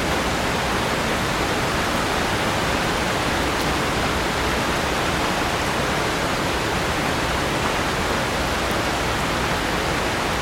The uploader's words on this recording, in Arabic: عاصفة مطر في المدينة | هطول غزير طوال الليل. في هذه الحلقة، قمنا بتسجيل عاصفة مطرية لا تتوقف في وسط لندن. الساعة العاشرة مساءً والمطر يتساقط بغزارة. هذه الأصوات تظل مظللة بالمطر الثابت والنمطي.